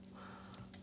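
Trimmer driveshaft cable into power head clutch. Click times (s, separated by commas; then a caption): 0.7 s. The flexible driveshaft cable of an Echo string trimmer, which had been sticking out, is pushed into the clutch in the power head over a steady low hum, with faint ticks near 0.0 and 0.5 seconds. A sharp click at 0.7 seconds marks the cable popping into place, fully seated in the clutch.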